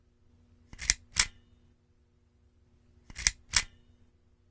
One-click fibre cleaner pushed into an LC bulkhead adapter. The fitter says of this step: it straight into the other end of the bulkhead and press until you hear a click though